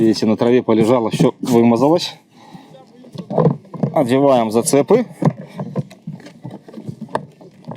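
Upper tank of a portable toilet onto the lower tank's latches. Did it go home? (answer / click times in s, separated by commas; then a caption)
partly / 7.1 s. Someone talks while the upper plastic tank of a CleverTech portable toilet, smeared from lying on the grass, is pushed down onto the two pairs of hook latches on the lower tank. A few soft knocks follow, then a sharp click at 7.2 s. The halves are still not latched fully home.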